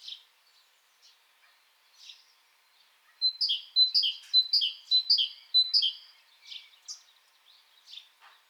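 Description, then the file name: Great tit, scattered faint chips, then a clear run of bright two-note phrases repeated about twice a second, followed by a few softer scattered notes. "Parus major"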